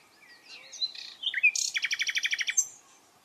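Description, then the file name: Common nightingale song: a short whistled lead-in, a sharp slurred note, then a fast, even series of many loud repeated notes. "Luscinia megarhynchos"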